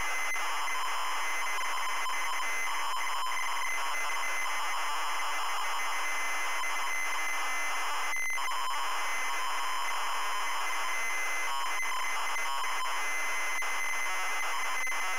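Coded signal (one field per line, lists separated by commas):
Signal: ZX Spectrum tape loading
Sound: harsh continuous screeching buzz with rapidly alternating tones and harmonics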